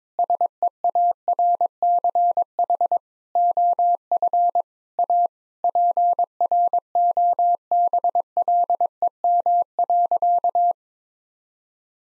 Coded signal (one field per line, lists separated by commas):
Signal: Morse code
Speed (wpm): 22 wpm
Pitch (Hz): 700 Hz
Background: none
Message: SEARCH OF A PROBLEM.